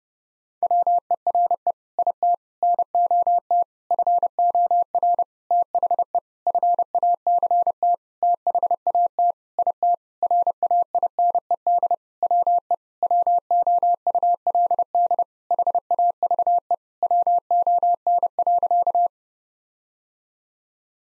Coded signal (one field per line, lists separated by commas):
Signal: Morse code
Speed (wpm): 30 wpm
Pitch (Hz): 700 Hz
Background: none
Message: WERE IT NOT FOR THE FACT THAT IT RAINED WE WOULD HAVE WON.